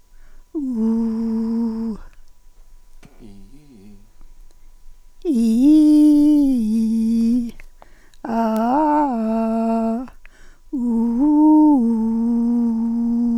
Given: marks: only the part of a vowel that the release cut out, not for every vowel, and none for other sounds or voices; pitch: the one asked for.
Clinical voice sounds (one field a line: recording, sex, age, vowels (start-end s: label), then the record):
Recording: sustained vowels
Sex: female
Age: 70 to 79 years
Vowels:
0.71-1.90 s: vowel /u/, low pitch
5.37-7.39 s: vowel /i/, low-high-low pitch
8.57-9.98 s: vowel /a/, low-high-low pitch
10.84-12.73 s: vowel /u/, low-high-low pitch
From the record:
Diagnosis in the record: presbyphonia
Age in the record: 77 years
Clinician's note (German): Intermediärschwäche